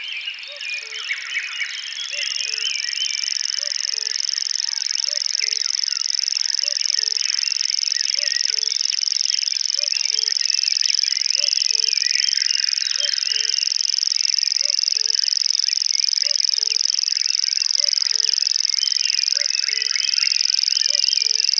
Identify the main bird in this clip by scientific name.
Locustella naevia